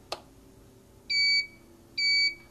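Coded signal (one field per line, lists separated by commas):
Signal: beep code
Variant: IntelliStitch Turbo cl regulator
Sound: a click, then two short high-pitched electronic beeps about a second apart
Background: room hum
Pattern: 2 short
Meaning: Two beeps at power-up signal to release the button and enter adjustment mode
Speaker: made the two beeps so i released that button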